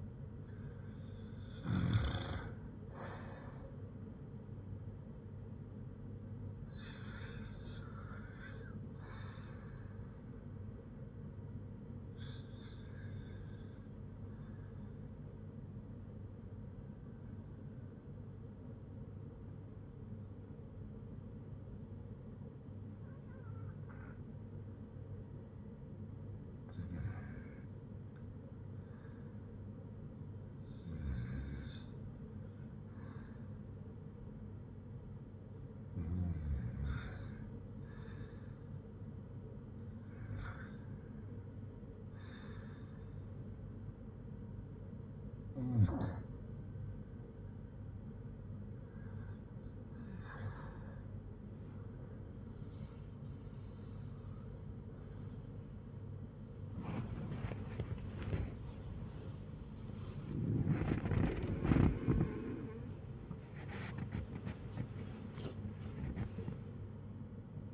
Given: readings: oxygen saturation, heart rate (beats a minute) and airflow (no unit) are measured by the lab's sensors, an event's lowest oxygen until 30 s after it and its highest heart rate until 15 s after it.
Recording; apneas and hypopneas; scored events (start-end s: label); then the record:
breathing in sleep by a smartphone at the bedside; 1
20.00-54.10 s: hypopnea (REM, oxygen 98% highest, then 96% lowest, heart rate 58 at the start, 90 highest)
From the record:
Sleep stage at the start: REM sleep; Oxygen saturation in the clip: 91 to 98%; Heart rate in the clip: 56 to 90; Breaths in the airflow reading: 13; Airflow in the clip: -12.1 to 19.5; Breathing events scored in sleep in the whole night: 182 in 7.4 hours asleep